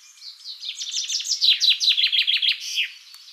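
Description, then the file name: Common chaffinch singing one full phrase, a rapid series of sharp, downward-slurred notes that builds in loudness and closes with a brief terminal flourish. "Fringilla coelebs"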